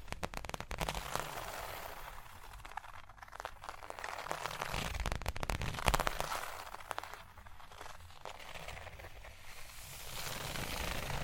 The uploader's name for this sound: Surface Tapping, Scratching, Tracing Sounds